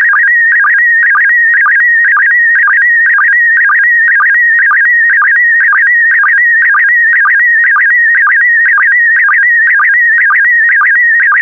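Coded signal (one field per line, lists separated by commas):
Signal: SSTV (slow-scan television)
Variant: PD120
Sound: continuous warbling, buzzing tone with a regular chirping sync blip about twice a second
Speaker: complete you can now check your decoded image against the picture that is shown on the video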